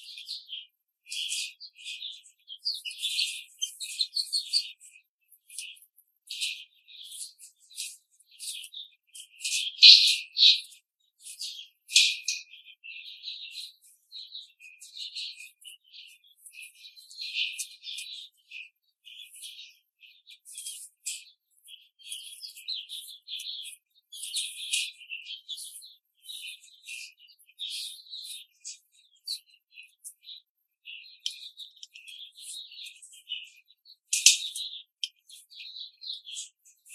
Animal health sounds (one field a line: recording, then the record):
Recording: young laying hens in a cage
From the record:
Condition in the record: control cage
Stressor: none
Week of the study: 5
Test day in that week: 1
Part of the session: 2